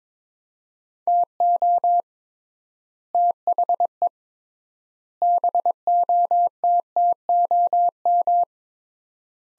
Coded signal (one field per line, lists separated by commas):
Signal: Morse code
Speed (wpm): 22 wpm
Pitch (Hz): 700 Hz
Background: none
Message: TO THE BOTTOM